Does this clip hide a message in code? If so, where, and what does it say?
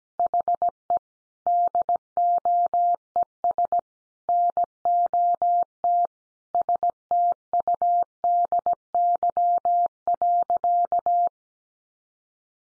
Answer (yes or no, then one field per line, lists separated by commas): yes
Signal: Morse code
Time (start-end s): 0.2-11.3 s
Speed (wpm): 17 wpm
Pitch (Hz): 700 Hz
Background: none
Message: HE DOES NOT STUDY.